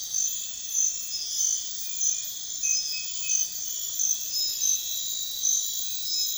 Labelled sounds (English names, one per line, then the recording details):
none
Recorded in pastures near Puerto Asís, Putumayo, Colombia, on 28 February 2025 at 03:30
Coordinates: 0.502, -76.324
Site GP07